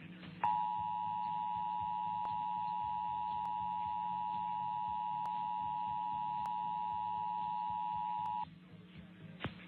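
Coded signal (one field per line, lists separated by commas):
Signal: Emergency Alert System (SAME) tones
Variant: 853 and 960 Hz attention tone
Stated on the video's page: Test of the Emergency Alert System, interrupting a noon TV newscast.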